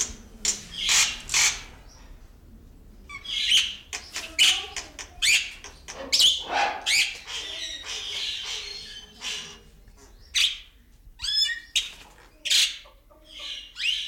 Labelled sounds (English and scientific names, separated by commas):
Black-winged Starling (Acridotheres melanopterus)